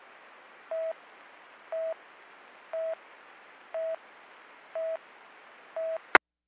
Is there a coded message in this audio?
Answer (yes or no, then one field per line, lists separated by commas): no